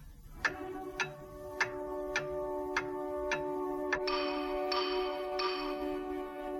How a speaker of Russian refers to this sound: Ну-ка, Ленка, подтолкни маятник. тикают.